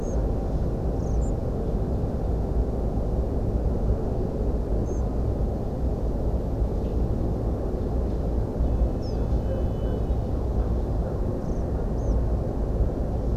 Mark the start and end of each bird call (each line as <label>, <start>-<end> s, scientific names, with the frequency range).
Ficedula hypoleuca (5.9-8.4 kHz), 0.00-0.16 s
Ficedula hypoleuca (5.1-7.4 kHz), 0.99-1.18 s
Muscicapa striata (6.7-9.3 kHz), 1.21-1.30 s
Ficedula hypoleuca (5.8-7.9 kHz), 4.86-5.01 s
Ficedula hypoleuca (4.5-7.1 kHz), 9.01-9.16 s
Ficedula hypoleuca (4.7-6.7 kHz), 11.41-11.63 s
Anthus trivialis (4.4-7.1 kHz), 11.98-12.13 s